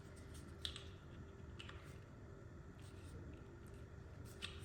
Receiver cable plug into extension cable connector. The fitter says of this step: plugs in like so obviously clicks onto where the little clip it is you'll hear it Go click